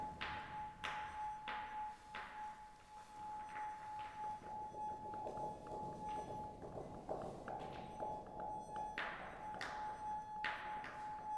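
Inside a highly resonant underground chamber in an abandoned mine, sharp knocks and thuds strike roughly once a second, each trailing off in a ringing echo. A steady mid-pitched tone hums beneath everything, over a dense, rumbling low murmur that never stops.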